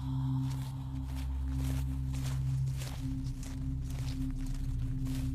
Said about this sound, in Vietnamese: Mụ đã nghe thấy tiếng bước chân của thằng cu Đông dẫm vào đám lá khô ở ngoài kia